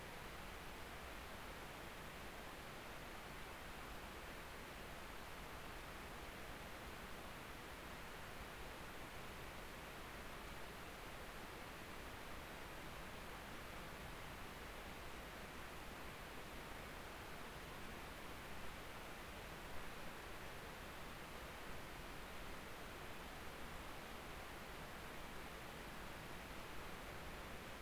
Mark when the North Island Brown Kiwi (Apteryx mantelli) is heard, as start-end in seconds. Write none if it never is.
none